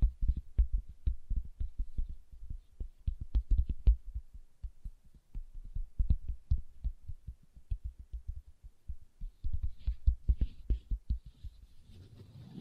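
Leather is tapped in a quick, fairly steady run of dull, low thumps, several per second, with brief pauses around four and nine seconds. Toward the end the taps loosen and a soft, hissy scratching rubs in over the last few seconds.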